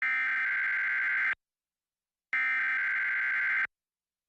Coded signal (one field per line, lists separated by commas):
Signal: Emergency Alert System (SAME) tones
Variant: header bursts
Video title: WFLX FOX 29 - Emergency Alert System Test (10-30-2025)